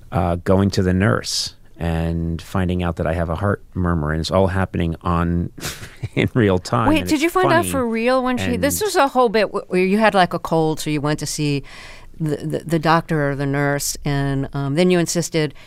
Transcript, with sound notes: going to the nurse and finding out that I have a heart murmur, and it's all happening on - in real time (laughter).
Wait. Did you find out for real when she - this was a whole bit where you had, like, a cold, so you went to see the doctor or the nurse. And then you insisted